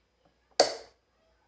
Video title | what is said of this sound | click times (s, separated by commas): U-Rail V2 - NO CRASH, NO BUILD.....(DTE EP4) | What I really like about this clamp right here is that it snaps into place. | 0.6 s